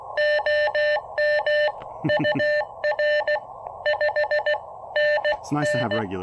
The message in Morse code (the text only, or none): OM UR 5NN